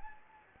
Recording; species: mosquito wingbeat signal from an infrared sensor; Anopheles gambiae